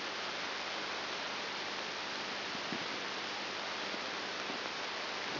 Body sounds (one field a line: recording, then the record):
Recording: brain microelectrode recording played as sound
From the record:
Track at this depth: inside the subthalamic nucleus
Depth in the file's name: 5.901 mm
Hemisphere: left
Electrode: 3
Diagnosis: Parkinson's disease